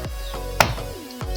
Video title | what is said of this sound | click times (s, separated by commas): 60k Gaming pc build with 12 gb graphic card #gamingpc #rtx3060 #rtx4060 #unboxing | हो गया खटाक से आवाज आई मतलब हो गया | 0.6 s